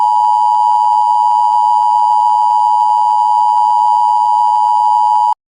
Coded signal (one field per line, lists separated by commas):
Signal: Emergency Alert System (SAME) tones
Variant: 853 and 960 Hz attention tone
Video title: Sacramento EAS Alarm